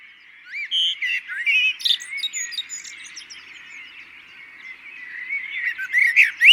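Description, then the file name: Common blackbird giving warbling notes in short bursts, with a quieter stretch midway. "Turdus merula"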